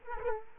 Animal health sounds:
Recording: mosquito wingbeat signal from an infrared sensor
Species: Aedes aegypti

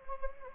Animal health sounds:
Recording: mosquito wingbeat signal from an infrared sensor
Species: Anopheles gambiae

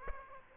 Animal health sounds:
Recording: mosquito wingbeat signal from an infrared sensor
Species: Aedes aegypti

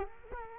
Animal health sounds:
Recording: mosquito wingbeat signal from an infrared sensor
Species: Culex quinquefasciatus

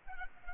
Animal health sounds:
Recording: mosquito wingbeat signal from an infrared sensor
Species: Culex pipiens

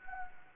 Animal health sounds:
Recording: mosquito wingbeat signal from an infrared sensor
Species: Anopheles gambiae

